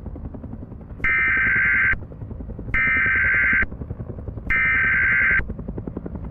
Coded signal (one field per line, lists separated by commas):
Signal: Emergency Alert System (SAME) tones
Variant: header bursts